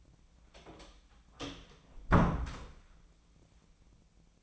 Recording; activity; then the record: daily activity, microphone in the room; close door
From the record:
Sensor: 1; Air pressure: 1009.2 hPa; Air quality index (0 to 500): 191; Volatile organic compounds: 4 ppm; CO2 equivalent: 1604 ppm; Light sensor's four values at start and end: 35/94/38/45 and 34/92/38/44